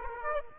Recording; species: mosquito wingbeat signal from an infrared sensor; Aedes aegypti